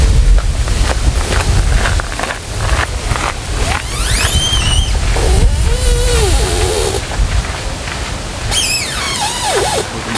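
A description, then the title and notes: Wind rumbles steadily along the river in Odense. Tree branches squeak in drawn-out, wavering creaks, once around the fourth to sixth second and again near the end, rising and falling in pitch. Soft, quick taps early on could be passing runners' footsteps. Sounds along the river in Odense, Denmark. Sit on a bench as tree branches are squeaking in the wind and recreational runners are passing by.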